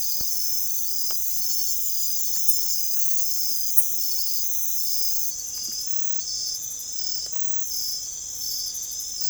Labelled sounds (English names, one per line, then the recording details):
none
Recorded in secondary vegetation near Puerto Asís, Putumayo, Colombia, on 16 December 2024 at 03:30
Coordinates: 0.468, -76.324
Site G095